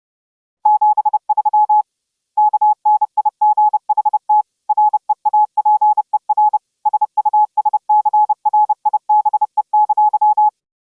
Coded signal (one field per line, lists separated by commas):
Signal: Morse code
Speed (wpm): 30 wpm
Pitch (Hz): 850 Hz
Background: none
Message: 73 KNIGHT REAPER SUSCRIBE!